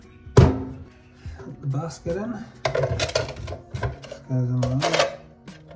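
The plastic roll basket of a ReefMat 250 aquarium roller-mat filter is pushed into its housing while someone talks, with a few short handling knocks along the way. The basket is still being handled and has not seated or clicked into place yet.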